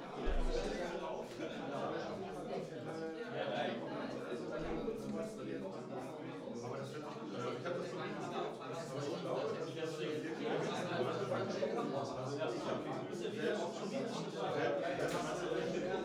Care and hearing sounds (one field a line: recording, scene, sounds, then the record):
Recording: everyday scene through a hearing-aid microphone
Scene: many people talking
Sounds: many voices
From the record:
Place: bistro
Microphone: in the ear canal, right